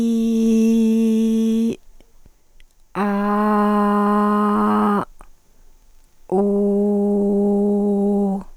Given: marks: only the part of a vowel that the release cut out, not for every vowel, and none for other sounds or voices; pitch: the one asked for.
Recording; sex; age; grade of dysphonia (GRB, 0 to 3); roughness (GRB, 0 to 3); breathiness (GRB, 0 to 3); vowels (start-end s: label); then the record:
sustained vowels; female; 40 to 49 years; 1; 1; 1
0.00-1.66 s: vowel /i/, normal pitch
3.60-4.94 s: vowel /a/, normal pitch
6.43-8.27 s: vowel /u/, normal pitch
From the record:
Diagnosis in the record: arytenoid dislocation, hyperfunctional dysphonia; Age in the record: 45 years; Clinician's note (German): Zustand danach mit jetzt noch hyperfunktioneller Dysphonie